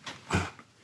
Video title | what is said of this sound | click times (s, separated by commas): BEST LOWRIDER S UPGRADE? Eagle Lights Midnight Saddlebags Install VIDEO! 🏍️💨 (SAVE $$$) | You'll hear it click in place. Bag is on. | 0.1 s